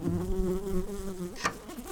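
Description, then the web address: Red-tailed bumblebee buzzing: a steady low droning hum that wavers slightly, shifts pitch after a second and a quarter, with a brief click. Workers. "Lapidarius workers"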